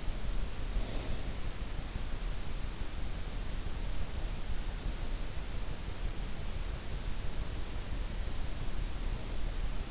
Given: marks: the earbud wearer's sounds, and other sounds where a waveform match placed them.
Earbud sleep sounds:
sounds in sleep by an in-ear microphone; breath
0.00-3.04 s: breath

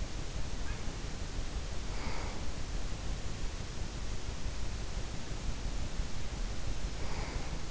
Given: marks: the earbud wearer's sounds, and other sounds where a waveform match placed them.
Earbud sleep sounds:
sounds in sleep by an in-ear microphone; breath
1.81-2.42 s: breath
5.54-7.70 s: breath

